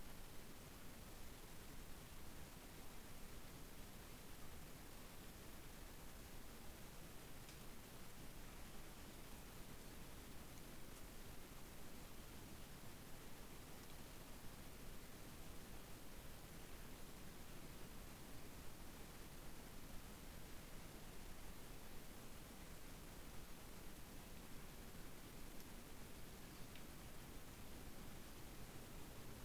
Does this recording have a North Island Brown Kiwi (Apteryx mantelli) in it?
no